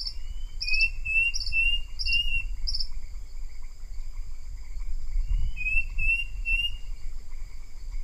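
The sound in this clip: Bird calling with bursts of slurred whistles, one early and one later, mixed with short buzzy high notes, over a steady high hum and low rumbling background noise.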